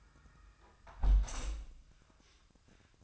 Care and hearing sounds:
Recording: daily activity, microphone in the room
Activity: close window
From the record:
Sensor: 2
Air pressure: 1004.4 hPa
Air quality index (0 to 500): 85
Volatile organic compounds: 2 ppm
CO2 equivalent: 1012 ppm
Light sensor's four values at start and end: 6/14/6/6 and 6/14/5/6

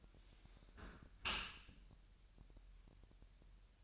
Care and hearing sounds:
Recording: daily activity, microphone in the room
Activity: close dishwasher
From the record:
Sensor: 2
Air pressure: 1000.5 hPa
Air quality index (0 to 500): 246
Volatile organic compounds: 92 ppm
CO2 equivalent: 3700 ppm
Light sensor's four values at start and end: 9/21/9/9 and 9/21/9/9

